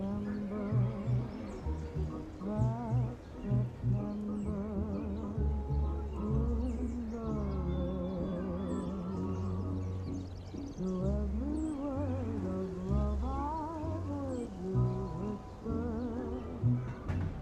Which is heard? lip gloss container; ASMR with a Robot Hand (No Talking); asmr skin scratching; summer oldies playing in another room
summer oldies playing in another room